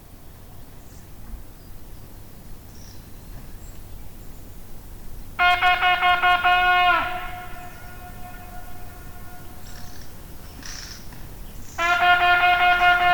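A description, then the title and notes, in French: A hunting horn blows a loud, steady note twice, at about five and twelve seconds, its echo trailing off in the mountains. Valdrôme - Nagra Seven - B&K omni. Pour une fois je ne peut m'empêcher de partager cette rencontre avec un chasseur à la Bécasse (qui ne m'a pas vu) et qui en fin de matinée semblait avoir des difficultés à retrouver son chien. C'est avant tout l'écho dans la montagne de la trompe de chasse qui m'a ce jour intéressée.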